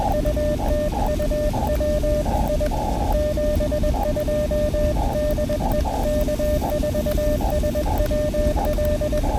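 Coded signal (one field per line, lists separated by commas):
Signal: Morse code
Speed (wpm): 20 wpm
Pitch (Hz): 590 Hz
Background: none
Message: U TU WI 72 DE K4SWL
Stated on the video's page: POTA Morse activation on Elecraft KX2 keyed with KXPD2 paddles, battery powered, QRP.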